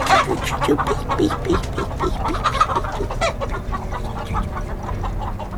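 Several chickens cluck in short, repeated bursts, a busy overlapping chatter of mid-pitched calls over a steady low rumble.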